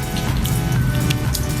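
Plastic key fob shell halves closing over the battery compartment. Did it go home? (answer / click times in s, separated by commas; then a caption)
no / none. The two plastic halves of a Honda key fob (for Accord, Civic, CR-V, Pilot, Odyssey or Ridgeline) are lined up and pressed together over the battery compartment after fitting a new coin battery. A steady low hum runs throughout, with faint sharp ticks near 0.5, 1.1 and 1.4 seconds. Nothing has snapped shut or seated yet.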